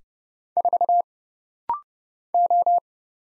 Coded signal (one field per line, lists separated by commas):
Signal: Morse code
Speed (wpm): 31 wpm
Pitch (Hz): 700 Hz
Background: none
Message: 4 O